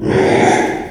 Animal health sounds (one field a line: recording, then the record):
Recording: squeal of a Yucatan mini pig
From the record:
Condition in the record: after surgery on the right vocal fold (resection and tissue-engineered implant)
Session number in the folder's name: 3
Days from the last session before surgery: 33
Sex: male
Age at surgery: 12 weeks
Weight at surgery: 13 kg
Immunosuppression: cyclosporine, prednisolone